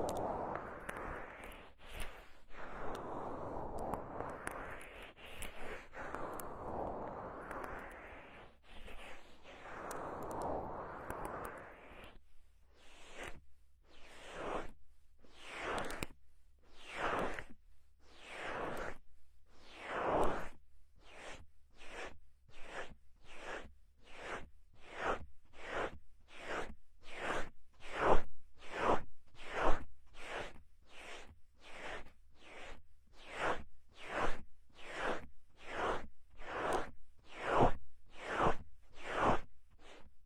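An ear massage: for the first twelve seconds or so, soft rubbing swells slowly rise and fall in long, smooth waves. After that it breaks into separate brushing strokes that speed up into a steady rhythm of about two strokes per second until the end.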